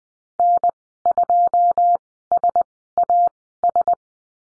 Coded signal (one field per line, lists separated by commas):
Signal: Morse code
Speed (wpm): 20 wpm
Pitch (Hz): 700 Hz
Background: none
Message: N2SAS